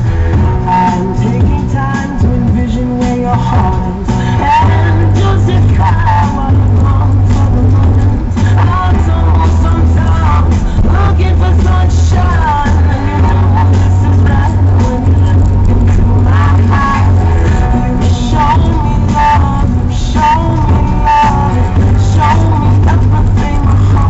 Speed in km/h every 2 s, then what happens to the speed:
6, 15, 25, 29, 31, 31, 32, 34, 31, 31, 32, 33.
0-13 speeds up to 34. 13-24 steady at about 32.